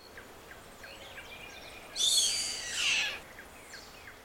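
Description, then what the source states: Kite call: one loud, harsh, drawn-out wail that falls in pitch over about a second, with faint thin bird notes before and after. Juvenile kite call, recorded on 29 June 2008.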